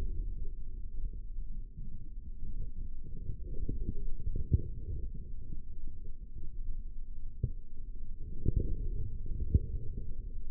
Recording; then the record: forearm muscle sounds (acoustic myography)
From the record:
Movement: forearm supination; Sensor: system 3, bracelet of six PUI Audio POM-2738L microphones around the upper forearm, with dedicated amplification and filtering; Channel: 5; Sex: male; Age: 25 years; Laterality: right